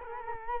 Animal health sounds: mosquito wingbeat signal from an infrared sensor; Culex quinquefasciatus

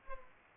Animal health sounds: mosquito wingbeat signal from an infrared sensor; Culex pipiens

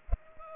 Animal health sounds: mosquito wingbeat signal from an infrared sensor; Culex pipiens

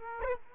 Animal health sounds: mosquito wingbeat signal from an infrared sensor; Aedes aegypti

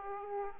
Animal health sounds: mosquito wingbeat signal from an infrared sensor; Aedes aegypti

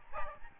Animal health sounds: mosquito wingbeat signal from an infrared sensor; Aedes albopictus

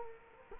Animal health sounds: mosquito wingbeat signal from an infrared sensor; Culex quinquefasciatus

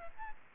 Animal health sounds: mosquito wingbeat signal from an infrared sensor; Aedes albopictus

